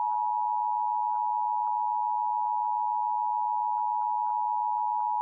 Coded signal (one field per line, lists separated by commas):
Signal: Emergency Alert System (SAME) tones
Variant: 853 and 960 Hz attention tone